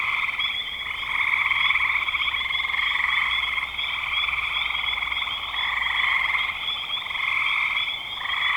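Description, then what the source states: Frogs trilling in a packed chorus, rattling pulses merging into a steady drone that rises and falls gently over several seconds. Recorded in spring 2025.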